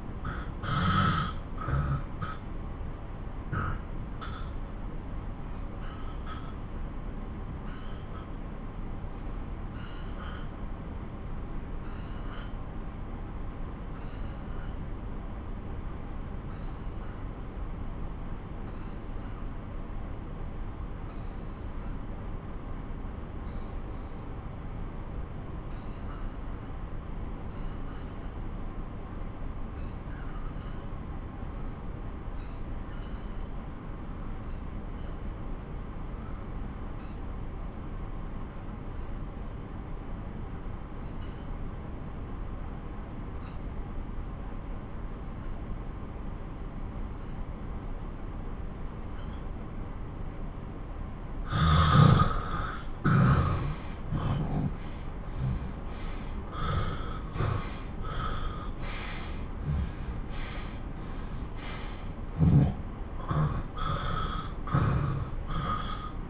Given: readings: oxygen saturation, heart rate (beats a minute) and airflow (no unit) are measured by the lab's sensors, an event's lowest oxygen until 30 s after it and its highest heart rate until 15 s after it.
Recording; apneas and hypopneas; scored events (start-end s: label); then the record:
breathing in sleep by a smartphone at the bedside; 1
3.00-33.00 s: new sleep stage, N2 (light sleep)
4.00-47.50 s: obstructive apnea (N2, oxygen 95% highest, then 83% lowest)
33.00-66.30 s: new sleep stage, N1 (lightest sleep)
From the record:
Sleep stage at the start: N1 (lightest sleep); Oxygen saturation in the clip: 83 to 95%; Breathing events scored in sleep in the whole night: 217 in 6.3 hours asleep